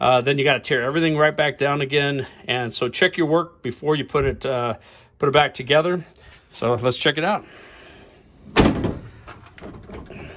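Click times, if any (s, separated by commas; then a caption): 8.6 s. Someone talks, then the rear door of an extended-cab pickup is shut to test its latch after the broken latch cable has been replaced. The latch catches on the door striker with a loud slam-click at 8.6 s, and it is confirmed working.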